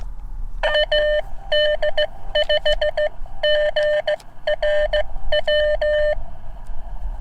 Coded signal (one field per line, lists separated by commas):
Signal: Morse code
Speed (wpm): 15 wpm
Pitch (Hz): 590 Hz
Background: none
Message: AD5GRW